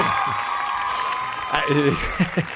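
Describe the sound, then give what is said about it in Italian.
A canned burst of pre-recorded applause with cheering and whoops from a crowd, played on a radio quiz show for a caller's correct answer, a steady sustained tone running beneath it and voices breaking in toward the end. “Siamo andati per le spicce perché in effetti era la risposta giusta, quindi avevamo l'applauso, esatto, pronto.”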